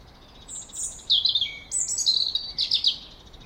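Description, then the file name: European robin song: a thin high note, then a rapid run of sliding, warbled notes leaping between high and lower pitches. "Erithacus rubecula"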